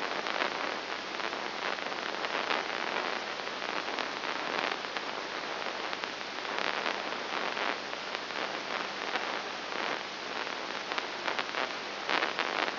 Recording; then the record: brain microelectrode recording played as sound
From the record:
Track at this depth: inside the subthalamic nucleus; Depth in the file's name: 2.903 mm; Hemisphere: left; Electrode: 3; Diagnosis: Parkinson's disease